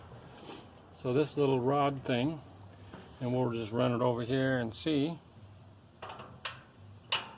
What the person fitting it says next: See? You can hear it click when the door closes.